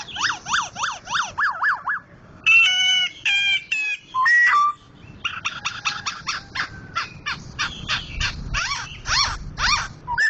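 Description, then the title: Laughingthrush song opening with a fast run of rising-falling whistles, then ringing slurred notes and a long series of rapid staccato chips. Loud-singing Sumatran crested bird named Gathutkaca, described as a national champion and a continuous, vigorous singer. "Poksay Jambul Sumatra Suara Keras Juara Nasional. Poksay Hongkong gacor mantab (Gathutkaca)"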